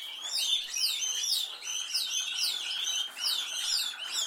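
Canary song of fast repeated downward-sweeping notes, a steady cascading trill running throughout with even rhythm.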